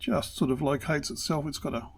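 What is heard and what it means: Someone talks while handling a small support post during a rotor service on a Shimano Stella 14000 spinning fishing reel, positioning it at its recess in the rotor. Only speech is heard, and nothing has seated or clicked yet.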